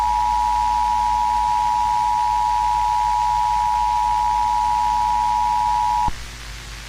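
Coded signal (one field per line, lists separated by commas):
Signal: Emergency Alert System (SAME) tones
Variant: 853 and 960 Hz attention tone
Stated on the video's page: Fictional EAS scenario, text and editing made in mobile apps.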